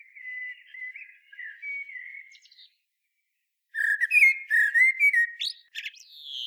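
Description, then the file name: Common blackbird singing a soft, low warble, then after a short pause a louder fluted phrase that ends in thin, high twittering notes. "Turdus merula"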